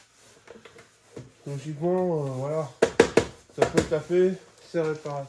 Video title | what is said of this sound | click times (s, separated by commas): Comment changer une coque de rétroviseur picasso C4 #plusdevues | Bon normalement c'est clipsé mais il y a des pesques qui sont cassées donc ça tiendra pas mieux | 0.5 s, 0.6 s, 0.8 s